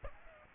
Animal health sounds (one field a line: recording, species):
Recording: mosquito wingbeat signal from an infrared sensor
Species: Aedes aegypti